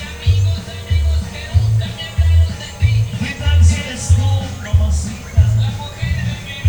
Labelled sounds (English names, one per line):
none